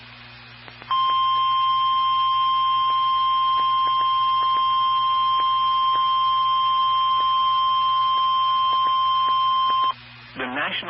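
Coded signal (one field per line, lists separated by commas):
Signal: Emergency Alert System (SAME) tones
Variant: 1050 Hz attention tone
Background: speech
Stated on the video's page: SAME tones of two Severe Thunderstorm Warnings received from NOAA Weather Radio transmitter.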